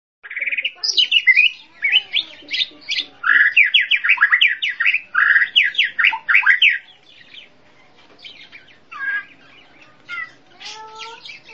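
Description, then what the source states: Bird song, a fast run of bright, varied chirps and slurred whistles in dense bursts for about six seconds, then scattered softer notes. Complete 'masteran' style bird chirping.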